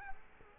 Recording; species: mosquito wingbeat signal from an infrared sensor; Culex quinquefasciatus